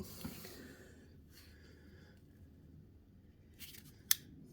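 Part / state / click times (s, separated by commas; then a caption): valving adjuster on a front drag-race shock absorber / seated / 4.1 s. With a Competition Engineering front drag-race shock absorber fully compressed, its valving adjuster is turned clockwise, giving faint ratcheting and rubbing sounds. A sharp click at 4.1 s marks the adjuster stopping on its detent and seating in the heaviest setting.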